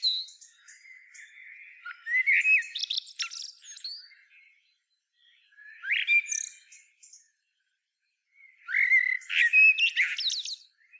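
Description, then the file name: Common blackbird giving three bursts of squeaky, warbling notes mixed with thin high chatter, separated by short quiet gaps. "Turdus merula"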